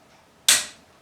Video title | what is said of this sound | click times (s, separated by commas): Delboy's Garage, Prize Draw #14, Wiha Micro Torque Wrench..! | then the handle mechanism will click like that | 0.5 s